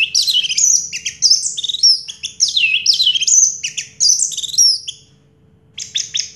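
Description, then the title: Orange-headed thrush song: fast continuous high warbling with slurred whistles, a short pause, then more chattering phrases. Recording used to prompt a silent (stuck) bird to sing. "Anis Merah Macet.. Pancing Dengan Suara Ini.. 100 Ampuh. # Anis Merah"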